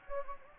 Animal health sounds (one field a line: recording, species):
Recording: mosquito wingbeat signal from an infrared sensor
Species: Anopheles gambiae